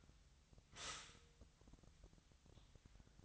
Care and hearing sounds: daily activity, microphone in the room; stop toaster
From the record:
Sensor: 3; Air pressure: 1002.0 hPa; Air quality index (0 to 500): 246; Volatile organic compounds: 49 ppm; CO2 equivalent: 3289 ppm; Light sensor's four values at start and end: 13/40/17/15 and 13/40/17/15

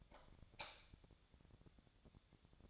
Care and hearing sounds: daily activity, microphone in the room; light off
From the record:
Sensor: 3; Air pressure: 1000.0 hPa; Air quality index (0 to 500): 122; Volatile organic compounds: 2 ppm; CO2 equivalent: 1095 ppm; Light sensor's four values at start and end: 39/102/43/47 and 37/94/40/44

